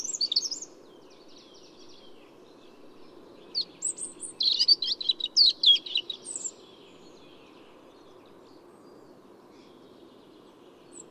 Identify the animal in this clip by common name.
European Robin